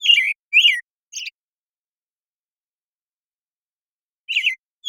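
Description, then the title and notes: American Robin's rich whistled notes, three in quick succession, then a silent stretch before the song resumes with another burst of whistles. Morning song, very long sequence, Pacific Northwest, Washington, United States; parabolic recording, processed clean for clarity with natural pacing and rhythm maintained. "American Robin Morning Song. American Robin, Turdus migratorius, morning song, very long sequence, parabolic recording. Recorded in the beautiful Pacific Northwest, Washington, United States"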